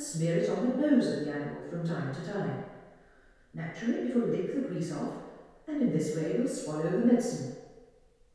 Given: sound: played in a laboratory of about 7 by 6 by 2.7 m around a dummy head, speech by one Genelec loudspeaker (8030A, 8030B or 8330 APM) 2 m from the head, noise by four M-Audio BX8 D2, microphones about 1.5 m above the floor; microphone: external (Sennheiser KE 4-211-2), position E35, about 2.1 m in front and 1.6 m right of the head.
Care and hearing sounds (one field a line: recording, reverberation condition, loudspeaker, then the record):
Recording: female speech in English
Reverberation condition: high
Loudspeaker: 60 degrees to the left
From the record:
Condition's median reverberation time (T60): about 1300 ms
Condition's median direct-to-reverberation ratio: about -4.0 dB